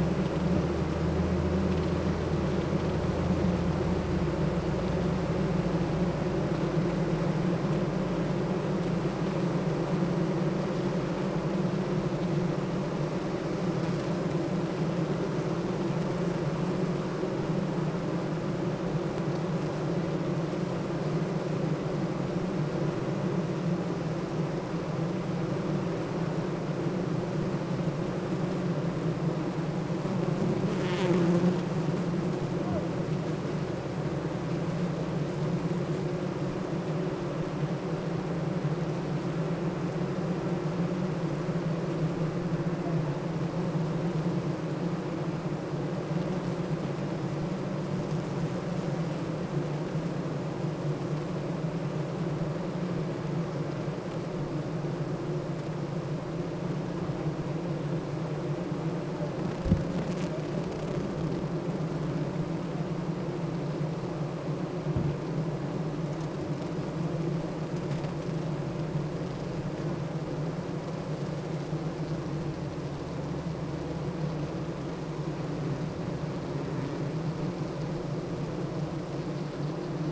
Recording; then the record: honeybee colony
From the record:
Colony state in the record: active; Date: 28 July 2017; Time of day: 8:17